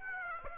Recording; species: mosquito wingbeat signal from an infrared sensor; Aedes aegypti